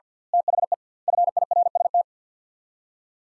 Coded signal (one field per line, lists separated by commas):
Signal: Morse code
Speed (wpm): 50 wpm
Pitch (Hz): 700 Hz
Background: none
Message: THE FIRST